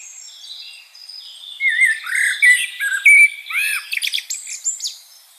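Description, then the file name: Common blackbird song: a melodious, sliding whistled phrase rising into a string of high, chattering, squeaky notes. "Turdus merula"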